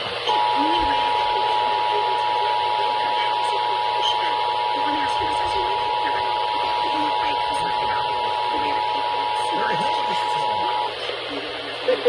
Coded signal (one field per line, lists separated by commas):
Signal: Emergency Alert System (SAME) tones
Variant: 853 and 960 Hz attention tone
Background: speech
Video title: WELCOME BACK WBS12... EAS Alerts from 6/24/25 (EAS#4,121 - #4,152)